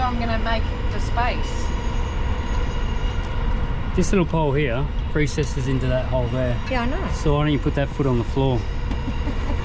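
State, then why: Not seated. At a campsite, a small pole on a camper fitting is handled so it can be pushed down to recess into a hole, after it earlier would not lock in. Someone talks over a steady broadband background noise. Nothing has seated or clicked yet.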